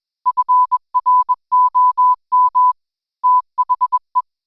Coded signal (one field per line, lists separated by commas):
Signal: Morse code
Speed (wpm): 21 wpm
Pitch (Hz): 1000 Hz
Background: none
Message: FROM THE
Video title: REAST Forum Night - Contesting in all it's Forms!